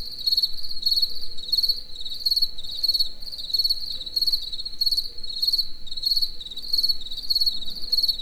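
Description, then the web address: Cricket giving a steady run of high, pulsed chirps, roughly one and a half to two each second, with faint low rumble beneath. Recorded in nature in Hungary. "allathangok termeszetben tucsok. egerturistahaz"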